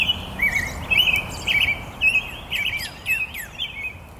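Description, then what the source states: American Robin song: short warbled caroling phrases given in a steady string with brief pauses, while another bird's sharp downslurred notes sound behind. Singing solo at dusk on the first day of spring in a Watertown, Massachusetts neighborhood; recorded on a circa 2017 iPhone.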